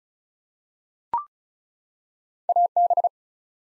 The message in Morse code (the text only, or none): AB